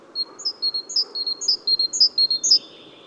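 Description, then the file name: Great tit calls: quick high chirps, each dropping to a thinner lower note, repeated about twice a second over a low steady background hum. "Parus major"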